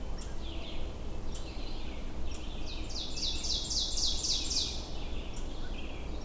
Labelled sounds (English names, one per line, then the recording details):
Ovenbird song
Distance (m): 40 m
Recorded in boreal forest in Alberta, Canada, on 22 June 2016 at 08:52
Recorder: SongMeter 3, array SBT-6-76
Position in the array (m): 153 m, 119 m
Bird 3